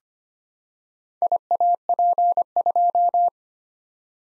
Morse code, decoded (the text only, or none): IAP2